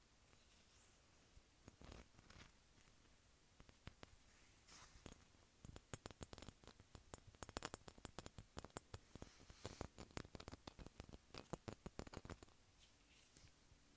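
Tapping on bumpy glass makes sharp, bright clicks over a low hiss. The taps start sparse, then grow dense and rapid from about six to twelve seconds, irregular and crisp, before thinning out again near the end.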